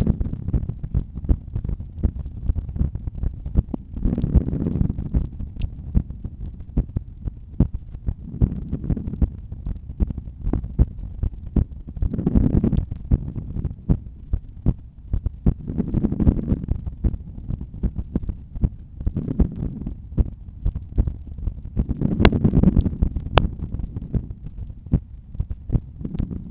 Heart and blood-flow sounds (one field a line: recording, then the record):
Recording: heart sounds by stethoscope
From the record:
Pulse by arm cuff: 74 bpm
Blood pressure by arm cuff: 141/92 mmHg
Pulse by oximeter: 72 bpm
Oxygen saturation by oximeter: 97%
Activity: during smoking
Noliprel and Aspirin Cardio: after pills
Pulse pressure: 49 mmHg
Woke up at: 6:55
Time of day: 22:45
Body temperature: 36.9 C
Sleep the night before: 7 h 39 min, score 71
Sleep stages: REM 24%, light 64%, deep 5%, awake 7%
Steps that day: 12000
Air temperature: 19.3 C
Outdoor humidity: 82%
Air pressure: 1008 hPa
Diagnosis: hypertension, treated with Noliprel and Aspirin Cardio 100 mg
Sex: male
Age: 53 years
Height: 174 cm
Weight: 81 kg